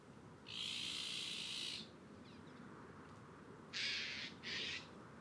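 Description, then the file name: Eurasian jay giving harsh, rasping screeches: one long drawn-out cry, then two shorter ones close together, over a steady background hiss. "Garrulus glandarius"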